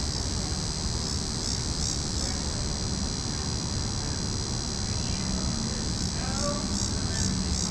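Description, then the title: Cicadas produce a continuous high buzz with pulses that come and go, a few faint sliding chirps near the end, and a low rumble underneath. Cicadas calling in a tree. "neoscenes: cicadas in tree"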